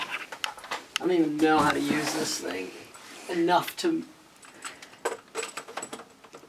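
An old plastic cassette tape is handled as it is loaded into a cassette player, with short handling taps and rattles at the start and again around 5.6 and 5.8 seconds while someone talks. Nothing has seated or clicked yet when the clip ends.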